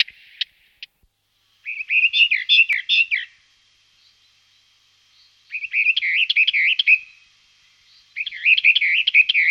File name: pěnice-mistrovská